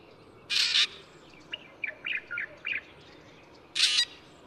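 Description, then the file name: Black drongo with two loud scratchy bursts framing a run of softer, short clipped notes in the middle. Recorded at Yushan. "大卷尾"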